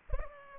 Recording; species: mosquito wingbeat signal from an infrared sensor; Culex pipiens